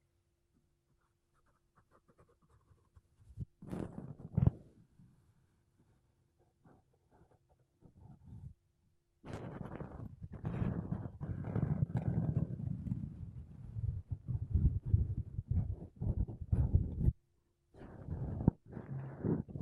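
Makeup brushes and a sponge rub and sweep across a microphone, making soft scratchy, muffled rustles. Quiet scattered strokes fill the first nine seconds, then dense continuous brushing runs from about 9 to 17 seconds, pausing briefly before resuming near the end.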